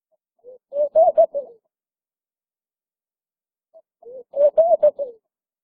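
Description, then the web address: Laughing dove giving two soft, low bubbling coo phrases of several notes each, a few seconds apart. "Palm dove"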